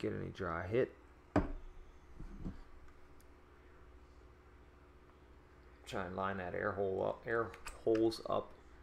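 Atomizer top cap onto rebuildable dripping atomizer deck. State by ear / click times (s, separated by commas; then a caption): not seated / none. Someone talks while handling the top cap of a rebuildable dripping atomizer, lining its air holes up with the coils before pushing it down onto the deck. A brief sharp handling tap is heard at 1.4 s among quiet rustling, then talk resumes. Nothing has seated or clicked yet.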